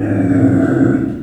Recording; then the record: squeal of a Yucatan mini pig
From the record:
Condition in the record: after surgery on the right vocal fold (resection and tissue-engineered implant); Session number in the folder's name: 3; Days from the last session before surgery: 21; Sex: female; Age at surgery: 19 weeks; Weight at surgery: 25 kg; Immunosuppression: prednisolone